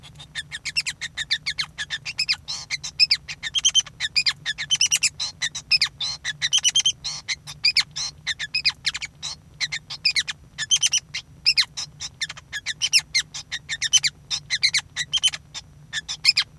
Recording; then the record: song of a male Bengalese finch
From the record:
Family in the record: son of father 5